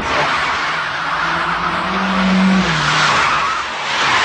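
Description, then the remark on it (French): A car engine revs and pulls away while the tires squeal loudly against the road, a steady harsh screech with a rising engine hum beneath it, and no voices. “Et c'est vrai que je peux conduire, en tout cas en voiture, très influencé par le son de la voiture.”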